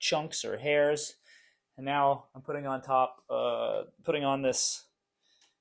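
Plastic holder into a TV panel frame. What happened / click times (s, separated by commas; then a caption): The part is being handled and has not clicked home yet / none. During the rebuild of a TCL-Roku TV, a plastic holder is being handled and placed on top of the panel frame while someone talks. No sudden sounds stand out, and nothing has seated or clicked yet.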